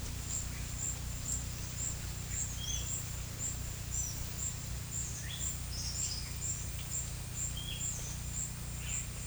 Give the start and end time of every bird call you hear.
2.57s-2.92s: bird call (3.0-7.1 kHz)
5.25s-6.57s: bird call (1.8-6.9 kHz)
7.49s-7.85s: bird call (2.2-3.6 kHz)

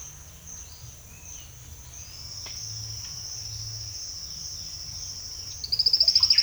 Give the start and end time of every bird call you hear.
0.66s-1.50s: bird call (1.3-5.1 kHz)
5.79s-6.43s: bird call (0.4-3.6 kHz)

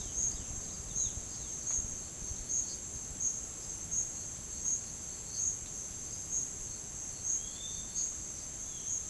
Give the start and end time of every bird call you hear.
0.00s-2.89s: bird call (2.6-5.9 kHz)

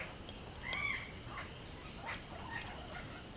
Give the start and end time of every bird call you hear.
0.55s-1.10s: bird call (0.5-6.2 kHz)

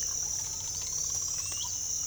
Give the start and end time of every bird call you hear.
0.62s-2.03s: bird call (2.3-9.0 kHz)

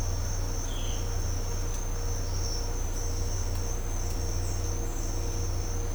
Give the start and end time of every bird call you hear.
0.67s-0.97s: bird call (2.5-4.2 kHz)

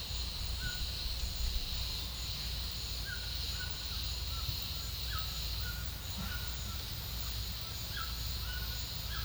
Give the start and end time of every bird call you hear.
0.56s-0.90s: bird call (1.1-1.9 kHz)
3.04s-6.80s: bird call (1.0-2.0 kHz)
7.83s-9.25s: bird call (1.1-1.8 kHz)

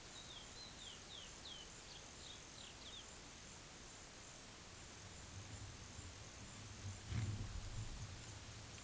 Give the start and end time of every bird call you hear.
0.00s-3.16s: bird call (1.8-5.1 kHz)

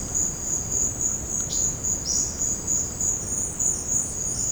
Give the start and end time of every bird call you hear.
1.47s-1.63s: bird call (2.8-5.8 kHz)
2.04s-2.37s: bird call (3.5-6.3 kHz)
3.79s-4.51s: bird call (5.1-6.1 kHz)

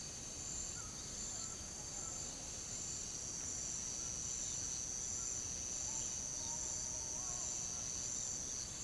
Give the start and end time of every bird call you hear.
0.71s-2.26s: bird call (0.7-2.0 kHz)
5.88s-6.63s: bird call (0.6-1.4 kHz)

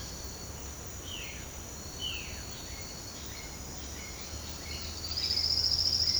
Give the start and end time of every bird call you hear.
1.00s-2.43s: bird call (1.1-3.6 kHz)
2.75s-5.79s: bird call (1.5-3.6 kHz)

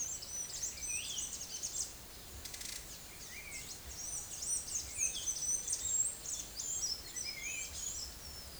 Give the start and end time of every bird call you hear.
0.00s-1.94s: bird call (2.1-10.2 kHz)
3.19s-8.56s: bird call (1.4-9.9 kHz)

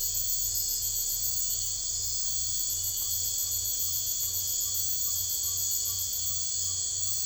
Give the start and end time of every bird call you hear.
3.01s-7.14s: bird call (0.7-1.7 kHz)

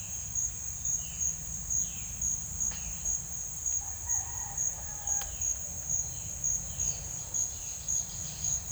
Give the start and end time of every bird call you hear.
0.00s-3.38s: bird call (1.6-4.9 kHz)
3.75s-5.37s: bird call (0.5-2.1 kHz)
6.00s-8.56s: bird call (2.3-5.5 kHz)

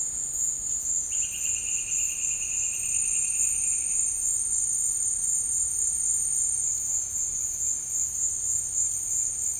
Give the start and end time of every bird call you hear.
1.11s-4.14s: bird call (1.5-3.7 kHz)

